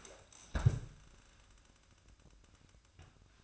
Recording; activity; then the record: daily activity, microphone in the room; stand up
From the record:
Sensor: 2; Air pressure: 1004.9 hPa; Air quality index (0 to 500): 91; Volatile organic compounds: 2 ppm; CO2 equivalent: 1096 ppm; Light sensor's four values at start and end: 7/16/7/7 and 7/17/7/7